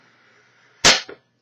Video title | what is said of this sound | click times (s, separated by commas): Episode 38 - Chipmunk on Speed | that snaps into place and the wheel folds the heel rests fold down and it's set up | 1.1 s